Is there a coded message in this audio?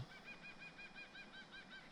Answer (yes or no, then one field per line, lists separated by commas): no